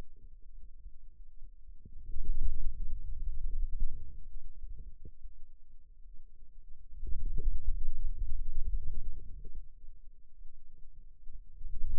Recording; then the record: forearm muscle sounds (acoustic myography)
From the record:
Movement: finger pinch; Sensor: system 2, bracelet of six BSWA MPA416 microphones around the upper forearm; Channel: 2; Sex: male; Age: 22 years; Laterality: right